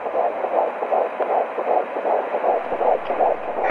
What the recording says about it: This is what your heartbeat sounded like before you were born. A baby's heart rate is faster when it's still in the uterus and slows down after the baby is born.